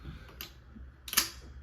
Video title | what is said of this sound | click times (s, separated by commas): SDI - FTT100 Week 7, Cycle Of Operations | And then as we move all the way forward, you hear a nice audible click. That is the bolt locking into the barrel. | 1.2 s